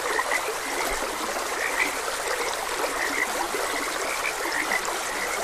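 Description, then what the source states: Frogs croaking in short bursts over an even wash of running water. Frogs croaking beside a gentle stream.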